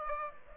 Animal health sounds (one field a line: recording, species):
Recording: mosquito wingbeat signal from an infrared sensor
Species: Aedes aegypti